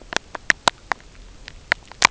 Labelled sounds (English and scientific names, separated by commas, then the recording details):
none
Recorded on Arctic tundra, site UTQI-0, on 13 June 2019
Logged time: 10:00